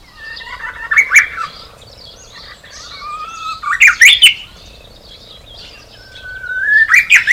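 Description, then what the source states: Japanese bush warbler song: a long steady whistle sliding upward into an explosive, sharp flourish, repeated about every three seconds, with other birds twittering softly behind. Recorded on 18 March 2016.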